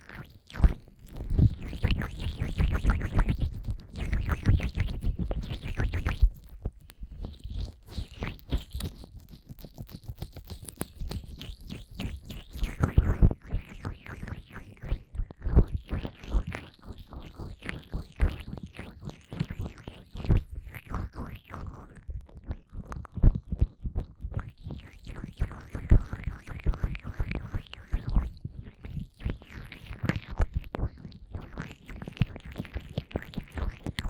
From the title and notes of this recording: ASMR Fast & Intense Ear Massage wCream (No Talking).